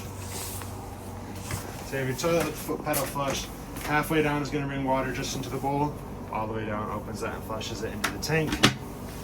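Someone talks while handling the travel lock latch on the sliding shower doors of a used 2021 Keystone Fuzion 427 RV, which latches the doors for transport so they stay secured and don't slide around or get damaged. Soft handling knocks sit under the talk, with a brief sharp knock near 8.6 seconds. The clip ends before the latch goes home, and nothing has clicked into place yet.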